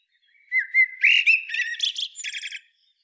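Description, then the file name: Eurasian blackbird song: one phrase of rich fluted whistles running into a rapid, high, chattering twitter, lasting about two seconds against a silent background. "Turdus merula"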